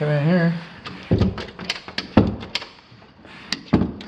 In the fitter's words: See? Told you. Laundry door doesn't latch.